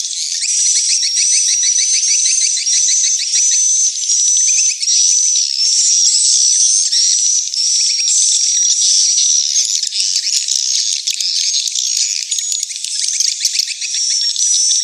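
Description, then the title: Swiftlets in a dense twittering chorus, with thin whistled notes rising and falling above a constant buzzy chatter of chirps throughout. Swiftlet house lure sounds, AKAU brand, Tien Giang, Vietnam. "Am thanh nha yen Akau Vietnam - Tien giang"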